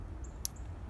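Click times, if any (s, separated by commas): 0.5 s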